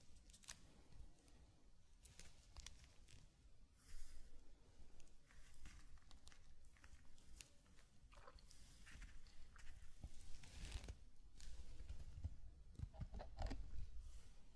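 Close crinkling and brushing in a zen garden, with soft sandy scrapes, sharp taps near 4, 10 and 13 seconds, and a low rumble underneath.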